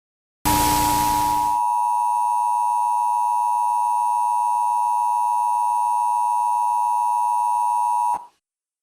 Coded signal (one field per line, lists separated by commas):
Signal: Emergency Alert System (SAME) tones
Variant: 853 and 960 Hz attention tone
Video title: EAS Scenario #2 - Not Mushroom For Humanity